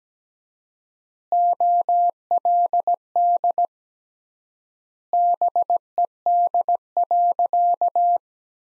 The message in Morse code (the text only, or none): OLD BED.